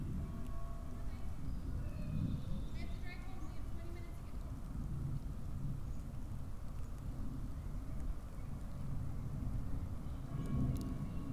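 A steady, heavy low rumble fills the whole recording in a hardwood forest, dense and unbroken. Faint bird chirps come through above it around the second and third seconds and again near the end, with a few thin, high ticks scattered throughout.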